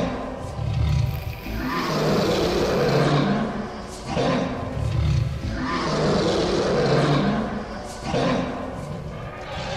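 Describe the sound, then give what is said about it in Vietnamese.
Loud, layered roaring like a horde of monstrous beasts, rumbling deep and continuous and surging in about four heavy waves, with no voices. “Liên tục cứ cuồng loạn như vậy, người ta nghe thấy những tiếng gầm thét khủng khiếp như của hàng ngàn vạn quái vật đang gầm lên vậy.”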